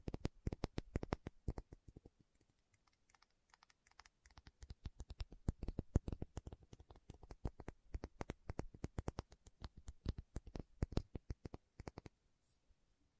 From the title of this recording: Tapping Session (No Talking)